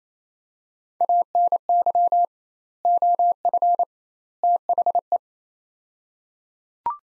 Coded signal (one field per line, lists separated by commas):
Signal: Morse code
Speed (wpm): 27 wpm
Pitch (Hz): 700 Hz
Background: none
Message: ANY OF THE